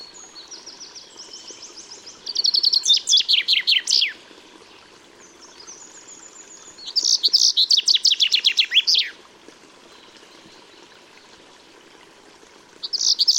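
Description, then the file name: Common chaffinch singing trilled phrases that tumble downward into a short flourish, repeated about every five seconds; a thin, high whistling bird calls in the gaps. "Fringilla coelebs"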